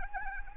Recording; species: mosquito wingbeat signal from an infrared sensor; Anopheles arabiensis